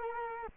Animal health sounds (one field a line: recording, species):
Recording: mosquito wingbeat signal from an infrared sensor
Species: Culex quinquefasciatus